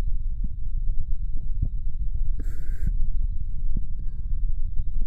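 Soft, low, muffled thumps of a woman's heartbeat repeat steadily under a constant low rumble, with a brief breathy rustle about midway. They sound like an ordinary heartbeat picked up close to the chest, with no added sounds standing out.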